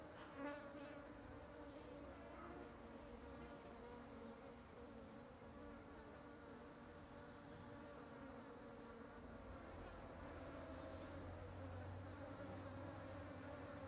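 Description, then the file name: Fly buzzing continues throughout, several wingbeat tones weaving together, with a low background rumble joining in the later seconds. Ambience of many flies flying over something. "Ambiencia de Muitas Moscas Sobrevoando algo"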